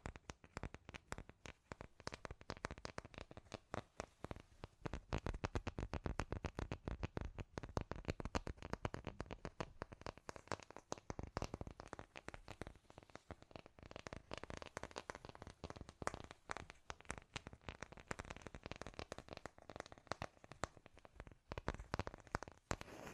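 Scratchy tapping fills all 23 seconds as a dense, fast run of sharp clicks and crackles with no pauses. The hits are irregular, some louder than others, each one dry and reaching from low thuds up to bright, gritty scratches.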